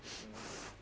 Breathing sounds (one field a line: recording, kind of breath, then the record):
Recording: one breath in and out by a microphone near the nose and mouth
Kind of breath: strong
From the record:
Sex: female